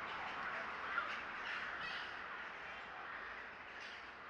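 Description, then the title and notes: Birds calling as a flock, a dense, continuous chatter of overlapping harsh, cawing notes that stays fairly even and slightly soft throughout. Gathering of birds recorded in S. Staszic Park, Łódź. "Ptaki W Parku Im. S. Staszica W Łodzi. Nagranie wykonane z parku im. S. Staszica w Łodzi. Zgromadzenie ptaków"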